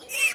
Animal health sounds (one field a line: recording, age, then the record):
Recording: pig call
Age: piglet (1 to 25 days)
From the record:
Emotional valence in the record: negative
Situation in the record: short isolation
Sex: male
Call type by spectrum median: high-frequency call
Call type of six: high-frequency stable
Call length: 0.35 s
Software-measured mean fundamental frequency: 293 Hz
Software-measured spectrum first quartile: 2590 Hz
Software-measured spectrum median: 3310 Hz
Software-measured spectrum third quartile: 8258 Hz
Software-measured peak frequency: 2631 Hz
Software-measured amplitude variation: 155 dB a second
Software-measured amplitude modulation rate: 15.7 a second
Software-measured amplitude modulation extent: 9.8 dB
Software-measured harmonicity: 7.1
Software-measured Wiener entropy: -2.47